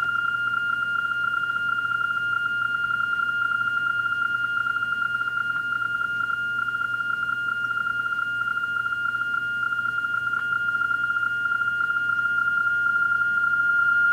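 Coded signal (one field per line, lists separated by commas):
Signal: PSK31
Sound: a steady warbling tone around 1.4 kHz, continuous for the whole clip, with faint hum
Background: low hum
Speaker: i'm going to give this ham a call back and this is on my return and give me information about his signal report my location etc using the pre-programmed macros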